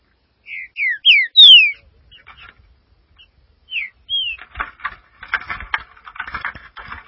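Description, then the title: Green-winged saltator song opening with four loud downslurred whistles, followed by a few softer notes and a stretch of busy scratchy chatter. "Trinca Ferro"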